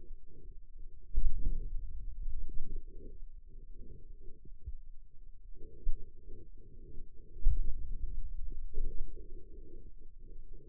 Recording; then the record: forearm muscle sounds (acoustic myography)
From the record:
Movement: pen grasping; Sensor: system 2, bracelet of six BSWA MPA416 microphones around the upper forearm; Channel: 5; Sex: male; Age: 22 years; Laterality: right